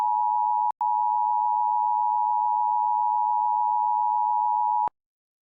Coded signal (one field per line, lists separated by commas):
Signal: Emergency Alert System (SAME) tones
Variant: 853 and 960 Hz attention tone